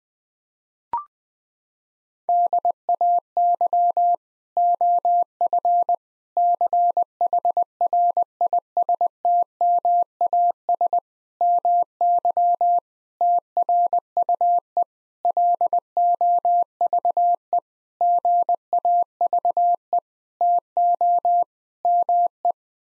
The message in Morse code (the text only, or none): DAY OF CHRISTMAS MY TRUE LOVE GAVE TO ME